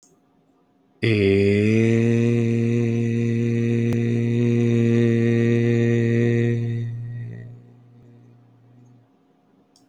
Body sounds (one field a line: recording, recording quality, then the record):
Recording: sustained vowel as in made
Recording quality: excellent, no background noise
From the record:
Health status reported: healthy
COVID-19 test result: not tested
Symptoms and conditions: none ticked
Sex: male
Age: 33 years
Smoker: not ticked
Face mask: not worn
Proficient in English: yes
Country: India